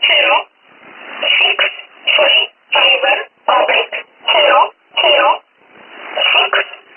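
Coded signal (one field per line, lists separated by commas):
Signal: numbers station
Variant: E11 Oblique, English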